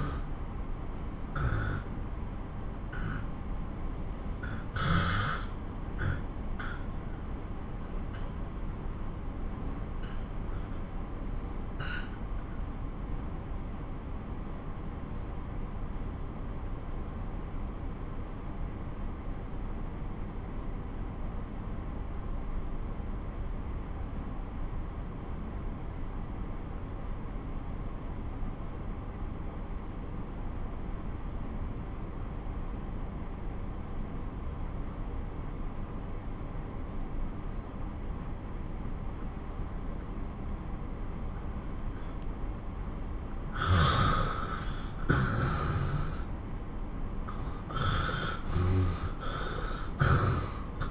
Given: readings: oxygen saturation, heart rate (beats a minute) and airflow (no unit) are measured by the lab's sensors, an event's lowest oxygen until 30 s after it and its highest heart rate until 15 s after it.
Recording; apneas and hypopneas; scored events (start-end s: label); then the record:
breathing in sleep by a smartphone at the bedside; 1
4.00-43.60 s: obstructive apnea (N1, oxygen 95% highest, then 87% lowest)
From the record:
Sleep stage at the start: N1 (lightest sleep); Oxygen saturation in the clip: 87 to 95%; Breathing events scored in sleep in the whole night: 217 in 6.3 hours asleep